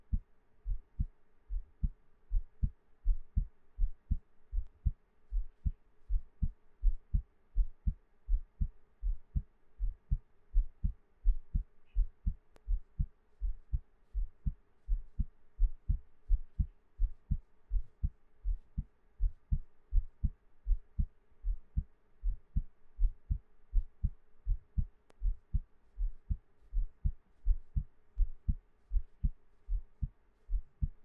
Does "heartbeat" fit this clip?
yes